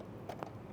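A snap-on zipper presser foot is pushed down onto a sewing machine's metal presser-foot holder. A soft tap at 0.3 s is followed by a sharp click at 0.4 s as the foot clicks into place and is seated.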